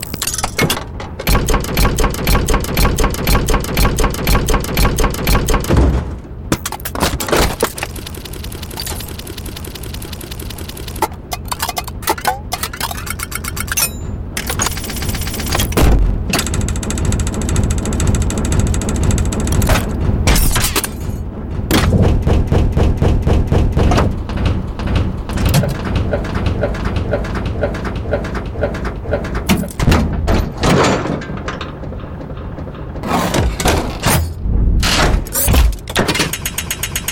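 Working machinery clatters steadily, with dense, rapid ticking and rattling over a low rumbling drone. The pace shifts in sections, with brief pauses near 6, 14 and 21 seconds, and sharp knocks and clanks punctuating the churning mechanism throughout.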